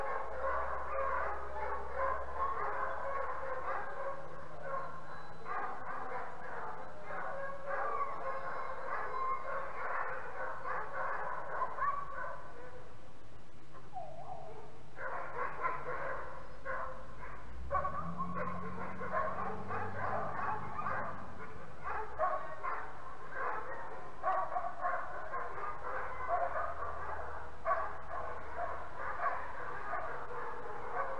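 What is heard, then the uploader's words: A chorus of wolves and dogs howls together, many voices overlapping in a steady, dense wail. Midway the chorus briefly thins before swelling again, while deeper, lower howls rise beneath it now and then. A few yips and barks break through. Sounds of howling in wolves and dogs. The haunting and beautiful sounds of howling.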